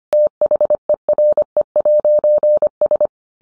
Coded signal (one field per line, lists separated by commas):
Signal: Morse code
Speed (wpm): 25 wpm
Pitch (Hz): 600 Hz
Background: none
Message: THERE'S